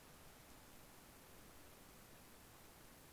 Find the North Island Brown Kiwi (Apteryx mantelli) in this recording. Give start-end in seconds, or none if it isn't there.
none